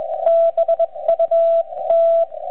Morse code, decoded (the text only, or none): BUT